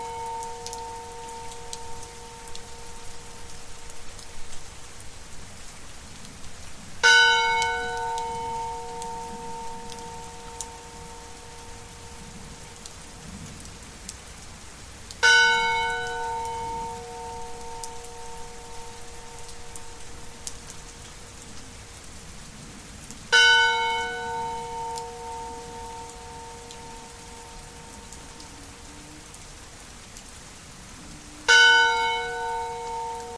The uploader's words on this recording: Rain and Bells.